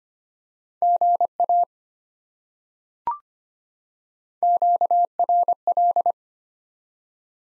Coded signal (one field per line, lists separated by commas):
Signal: Morse code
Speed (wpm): 25 wpm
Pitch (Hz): 700 Hz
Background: none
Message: GA QRL